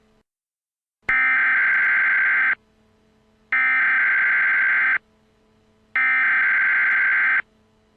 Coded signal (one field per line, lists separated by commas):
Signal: Emergency Alert System (SAME) tones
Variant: header bursts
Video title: An EAS timeline of the 10/6/12 Boardman River Dam failure